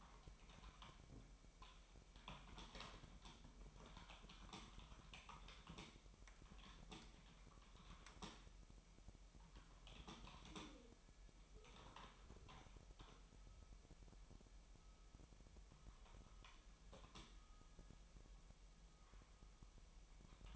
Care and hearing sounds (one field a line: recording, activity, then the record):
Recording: daily activity, microphone in the room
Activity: typing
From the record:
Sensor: 1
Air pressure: 1002.0 hPa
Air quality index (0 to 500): 244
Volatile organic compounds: 49 ppm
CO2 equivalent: 3285 ppm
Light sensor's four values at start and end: 8/29/11/12 and 8/30/11/12